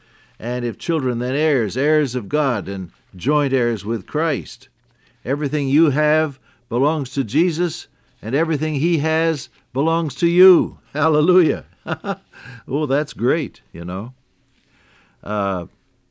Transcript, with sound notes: And if children then, heirs, heirs of God and joint heirs with Christ — everything you have belongs to Jesus, and everything He has belongs to you, Halleluiah! (Laughs) Oh that’s great, you know. Ah,